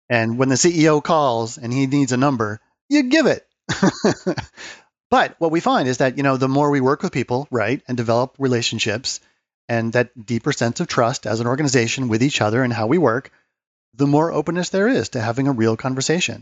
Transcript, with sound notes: And when the CEO calls and he needs a number, you give it. [laugh] But what we find is that the more we work with people and develop relationships, and that deeper sense of trust as an organization with each other, and how we work, the more openness there is to having a real conversation.